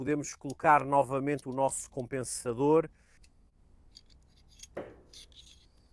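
Someone talks for about three seconds, then a steel compensator is handled at a pistol barrel muzzle, with small taps around 4.0 and 4.6 seconds and a brighter metallic contact at 4.8 seconds. Nothing has seated or clicked yet; the compensator is not yet pushed fully home and rotated to lock.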